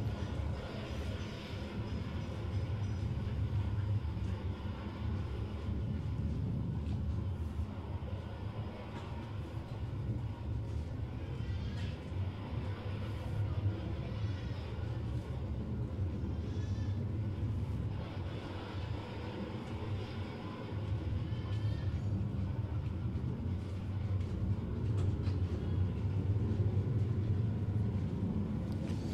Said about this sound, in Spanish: Muchos carros, pero la Radio Chaza resiste, no se deja ganar el carril.